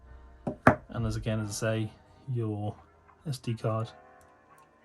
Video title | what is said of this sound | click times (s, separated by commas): ALL NEW: GOPRO HERO 12 - Unboxing! The perfect, action, travelling and vlogging compact camera! | And as I say, your SD card is now clicked in place, locked in, | 0.7 s